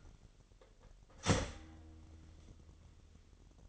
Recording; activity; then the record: daily activity, microphone in the room; start toaster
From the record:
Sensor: 4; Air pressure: 1002.9 hPa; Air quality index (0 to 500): 241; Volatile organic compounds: 18 ppm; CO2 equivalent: 2621 ppm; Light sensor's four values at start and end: 22/75/28/28 and 21/72/27/27